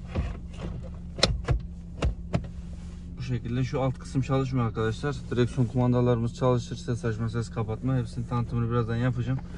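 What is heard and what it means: The main wiring harness connector of a Ford Fiesta is plugged into the back of an aftermarket Android multimedia head unit. A sharp plastic snap at 1.2 s marks it seating in place, among a few other quick knocks before 2.5 s. Afterward, someone talks.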